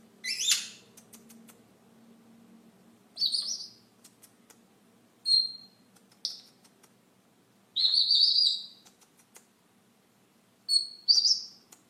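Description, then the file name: Senegal parrot calls: a harsh squawk, then high whistled notes spaced a few seconds apart, with a low hum beneath. "Canto do papagaio do senegal"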